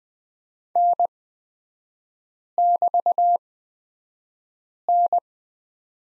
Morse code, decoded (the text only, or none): N<BT>N